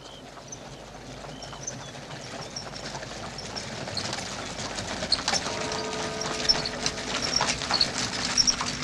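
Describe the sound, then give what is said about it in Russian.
Hooves clip-clop steadily as a carriage drawn by four white horses rattles along a road through a green field in the Soviet TV film Gardemariny, Vperyod!, a busy, continuous rhythm that grows slightly louder, with sustained tones joining in the second half. “Через зеленое поле по дороге едет карета, запряженная 4 белыми лошадьми.”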